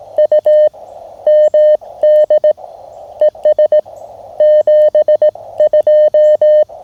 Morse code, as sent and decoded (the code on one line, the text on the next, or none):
..- / -- -.. / . ... / --... ..---
U MD ES 72